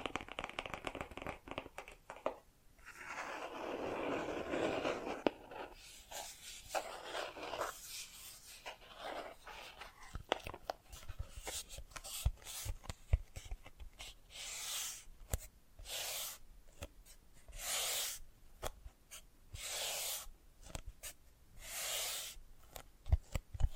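Bracelets and jewelry boxes being handled, with scraping and rubbing through the first few seconds, then a run of sharp clicks and knocks. From about fifteen seconds, bright rattling bursts come every second or two, like chain or beads shaken, with short pauses between.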